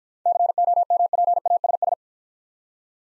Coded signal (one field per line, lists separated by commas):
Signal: Morse code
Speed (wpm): 55 wpm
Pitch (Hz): 700 Hz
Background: none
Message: COMPASS